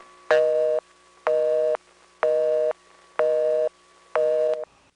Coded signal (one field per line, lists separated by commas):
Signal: telephone call progress tone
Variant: North America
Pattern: busy tone